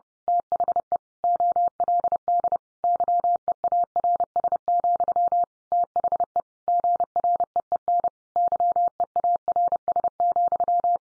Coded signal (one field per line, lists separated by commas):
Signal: Morse code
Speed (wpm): 30 wpm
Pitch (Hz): 700 Hz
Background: none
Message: THE OLD YEARS, THE GREEN YEARS,